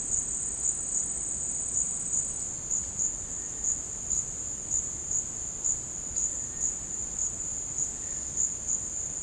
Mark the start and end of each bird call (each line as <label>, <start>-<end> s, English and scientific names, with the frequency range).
Cinereous Tinamou (Crypturellus cinereus) (1.3-2.5 kHz), 3.04-3.83 s
Cinereous Tinamou (Crypturellus cinereus) (1.4-2.2 kHz), 6.09-6.76 s